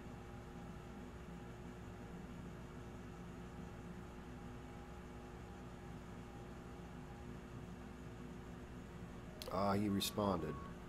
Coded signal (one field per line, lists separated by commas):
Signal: FT8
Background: speech